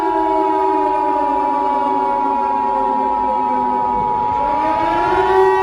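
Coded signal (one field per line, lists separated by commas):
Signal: Emergency Alert System (SAME) tones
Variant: 853 and 960 Hz attention tone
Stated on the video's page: Fictional Easter emergency alert scenario.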